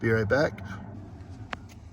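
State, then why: Seated. Someone talks briefly, then a plastic cabin air filter access panel on a 2020 Honda Accord is pushed back into the HVAC housing behind the glove box. A single sharp click sounds at 1.5 s as the panel tab clicks in, and the panel is seated; the tabs need to click in on each side so the panel isn't loose and doesn't whistle.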